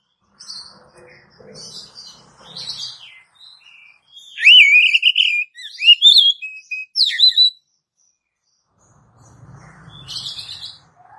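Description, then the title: Oriental magpie-robin gives a burst of clear whistles, a sustained wavering note then quick rising slurs, preceded and followed by faint scratchy chirps. "Kacer"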